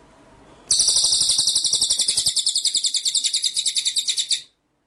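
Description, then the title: White-rumped shama song: one continuous high, rattling trill of rapid pulses lasting nearly four seconds, starting and stopping abruptly. Masteran (training) track of full 'ngerol' and 'nembak' song styles. "Masteran Murai Batu Full Ngerol Nembak"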